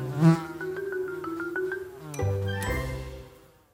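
Flies buzz steadily with a droning, harmonic whine that wavers in pitch, one louder buzz swelling briefly near the start, then lower, rougher buzzing toward the end before it cuts off.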